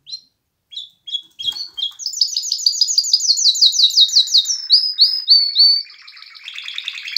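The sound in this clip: Canary singing: a few spaced chirps, then a loud rapid trill that steps downward into whistled notes and a softer buzzy roll.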